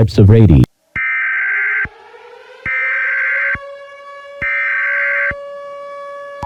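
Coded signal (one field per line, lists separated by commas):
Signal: Emergency Alert System (SAME) tones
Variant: header bursts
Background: speech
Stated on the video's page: Simulated EAS scenario.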